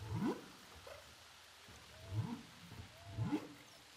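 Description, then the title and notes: Humpback whale calls: three quick rising whoops, each sweeping upward from low grunts, with faint higher moans between them against underwater hiss. Humpback whales recorded underwater with a DPA hydrophone offshore of Saint-Paul, Réunion Island. "Whales sound by hydrophophone DPA saint paul, ile de la reunion. Baleines à bosse enregistrées à l'hydrophone DPA au large de saint Paul de la réunion"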